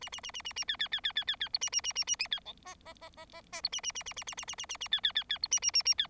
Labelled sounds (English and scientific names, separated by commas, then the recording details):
Bengalese Finch (Lonchura striata domestica) song
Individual Bird4